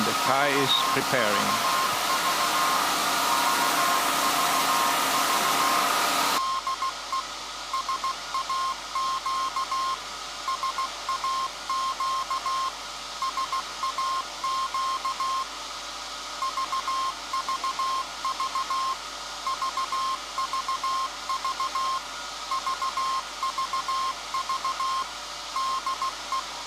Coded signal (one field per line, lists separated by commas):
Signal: Morse code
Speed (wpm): 16 wpm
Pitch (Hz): 1060 Hz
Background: speech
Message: VVV VVV DE SAQ SAQ SAQ VVV VVV VVV DE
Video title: SAQ Grimeton Transmission - World Radio Day, Feb 13th 2023